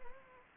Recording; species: mosquito wingbeat signal from an infrared sensor; Anopheles gambiae